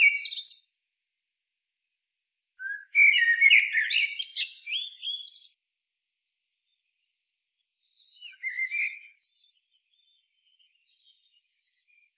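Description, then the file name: Eurasian blackbird song: one loud, full warbled phrase with a squeaky high ending, followed later by a softer, shorter fluted phrase. "Turdus merula"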